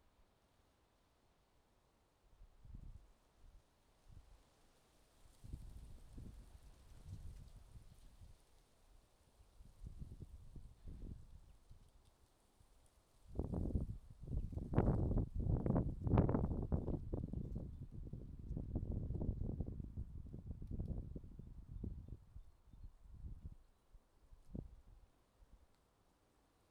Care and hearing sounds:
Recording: everyday scene through a hearing-aid microphone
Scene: wind on the microphone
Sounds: wind, traffic, birds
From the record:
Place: suburban garden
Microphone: in the ear canal, left

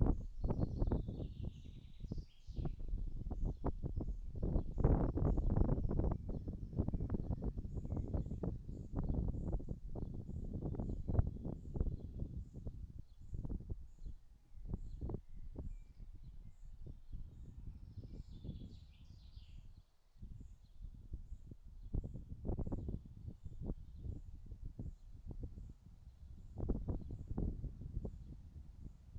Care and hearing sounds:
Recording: everyday scene through a hearing-aid microphone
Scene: wind on the microphone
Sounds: wind, birds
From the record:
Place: in front of a rural house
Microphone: in the ear canal, right

